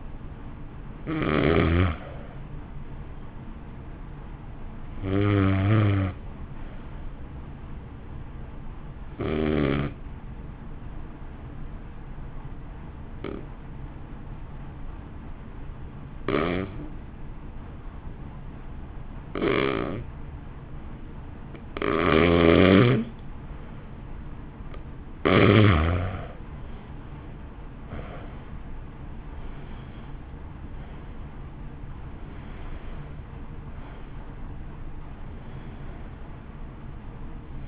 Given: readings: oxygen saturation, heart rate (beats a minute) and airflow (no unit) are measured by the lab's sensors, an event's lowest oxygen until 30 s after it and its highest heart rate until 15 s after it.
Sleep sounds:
breathing in sleep by a smartphone at the bedside; 1
6.00-23.80 s: hypopnea (N2, oxygen 96% highest, then 85% lowest, heart rate 50 at the start, 62 highest)
17.00-37.68 s: new sleep stage, N1 (lightest sleep)
From the record:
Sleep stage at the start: N2 (light sleep); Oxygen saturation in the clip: 86 to 96%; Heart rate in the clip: 50 to 62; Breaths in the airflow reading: 10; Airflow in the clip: -1.2 to 1.9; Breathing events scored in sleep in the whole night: 328 in 6.3 hours asleep

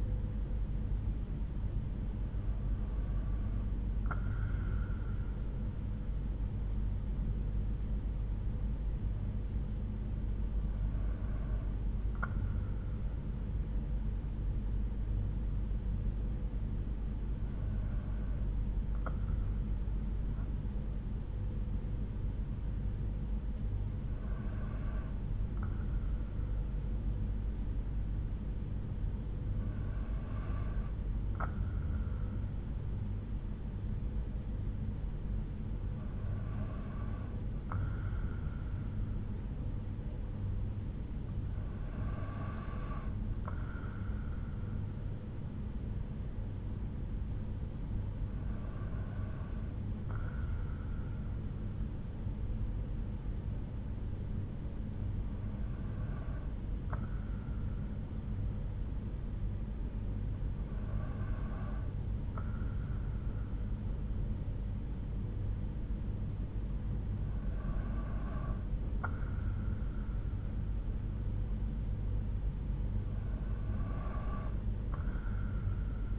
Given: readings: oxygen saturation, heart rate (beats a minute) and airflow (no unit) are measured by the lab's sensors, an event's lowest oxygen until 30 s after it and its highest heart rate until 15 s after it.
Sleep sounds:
breathing in sleep by a smartphone at the bedside; 1
8.00-47.30 s: hypopnea (N2, oxygen 95% highest, then 92% lowest)
From the record:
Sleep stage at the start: N2 (light sleep); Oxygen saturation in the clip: 91 to 95%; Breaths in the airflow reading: 12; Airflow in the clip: -3.6 to 4.3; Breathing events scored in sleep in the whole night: 368 in 8.0 hours asleep

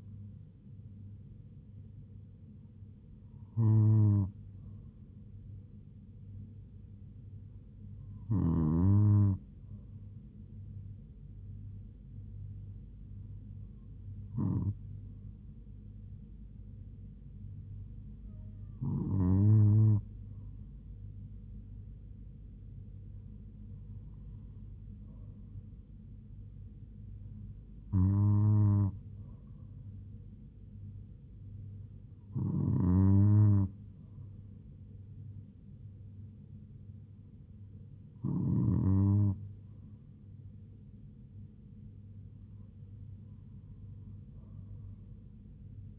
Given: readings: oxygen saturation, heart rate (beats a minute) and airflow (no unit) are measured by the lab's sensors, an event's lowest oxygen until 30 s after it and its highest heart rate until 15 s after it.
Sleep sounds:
breathing in sleep by a smartphone at the bedside; none
none scored
From the record:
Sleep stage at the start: N2 (light sleep); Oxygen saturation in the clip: 96%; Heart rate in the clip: 72 to 77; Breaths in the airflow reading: 9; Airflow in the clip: -3.2 to 2.4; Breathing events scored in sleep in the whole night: 158 in 7.3 hours asleep

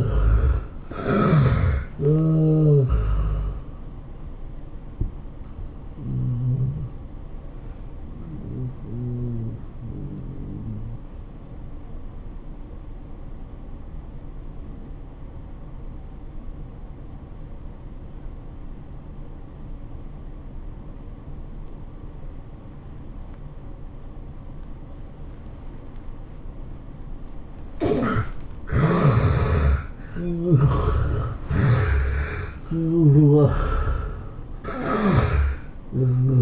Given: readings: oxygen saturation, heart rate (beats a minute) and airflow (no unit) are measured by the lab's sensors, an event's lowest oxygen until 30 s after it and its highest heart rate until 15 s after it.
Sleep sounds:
breathing in sleep by a smartphone at the bedside; 1
3.00-28.50 s: hypopnea (N1, oxygen 97% highest, then 74% lowest, heart rate 106 at the start, 108 highest)
From the record:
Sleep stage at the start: N1 (lightest sleep); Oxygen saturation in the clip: 74 to 97%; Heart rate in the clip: 78 to 108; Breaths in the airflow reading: 5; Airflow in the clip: -13.2 to 10.7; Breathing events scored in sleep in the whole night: 403 in 5.5 hours asleep

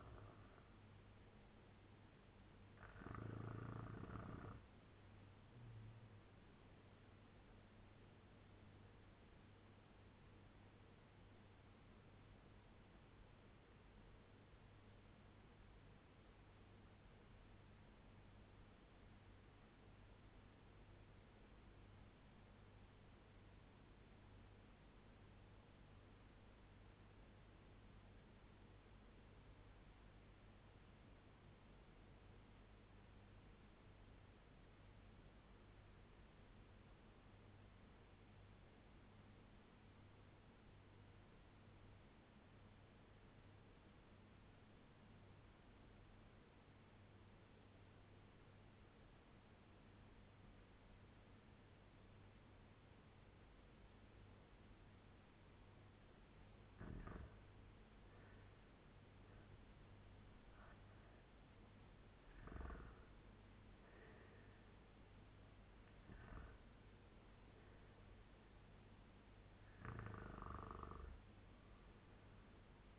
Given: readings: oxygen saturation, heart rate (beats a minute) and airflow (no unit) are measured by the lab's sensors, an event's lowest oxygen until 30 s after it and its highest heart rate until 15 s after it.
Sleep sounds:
breathing in sleep by a voice recorder at the bedside; 1
12.00-56.50 s: obstructive apnea (REM, oxygen 97% highest, then 83% lowest, heart rate 86 at the start, 95 highest)
From the record:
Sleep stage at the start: REM sleep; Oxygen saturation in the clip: 80 to 97%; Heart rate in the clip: 85 to 95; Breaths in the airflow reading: 6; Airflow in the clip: -6.6 to 6.2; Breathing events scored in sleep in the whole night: 201 in 6.5 hours asleep

